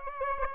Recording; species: mosquito wingbeat signal from an infrared sensor; Aedes aegypti